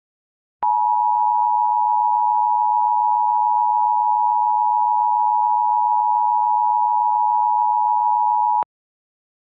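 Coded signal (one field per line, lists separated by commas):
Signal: Emergency Alert System (SAME) tones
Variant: 853 and 960 Hz attention tone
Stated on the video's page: Recreation of an EAS false evacuation alert with valid SAME tones, including an NWR-style segment.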